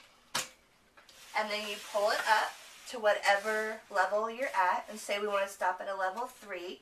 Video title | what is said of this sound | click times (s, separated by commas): My Four Monkeys and the Total Gym XLS | there and here's there's like a little handle back here and you just lift it up and it kind of clicks and then | 0.4 s